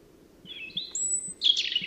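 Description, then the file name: European robin song, opening with thin drawn-out whistles, one very high and sustained, then breaking into a rapid jumbled twittering flourish; low steady hum underneath. "Erithacus rubecula"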